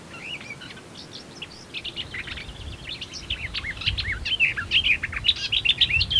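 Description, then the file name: Eurasian blackcap song, a quiet start building into a fast, rich warble of varied chirps and fluty whistles that grows louder toward the end. "Sylvia atricapilla"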